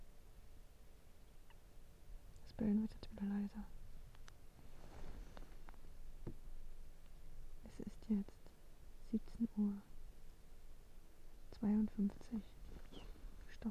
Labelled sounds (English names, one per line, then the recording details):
Arctic Fox
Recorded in the wild
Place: Insel Mednyi, Kommandeur-Inseln, RU
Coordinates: 54.5167, 168.083
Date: 1999-07-23 17:50
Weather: 8°C, bedeckt, Nebel, leichter Südwestwind
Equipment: Sony WM-D6C, Sennheiser ME 80, K 30 AV, Windkorb, Kopie Tascam DA 30
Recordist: Jakupi, Antje